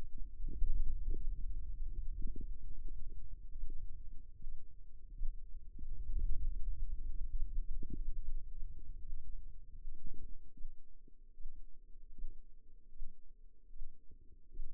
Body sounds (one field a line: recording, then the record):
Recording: forearm muscle sounds (acoustic myography)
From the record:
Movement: radial deviation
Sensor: system 2, bracelet of six BSWA MPA416 microphones around the upper forearm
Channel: 1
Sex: female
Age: 25 years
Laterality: right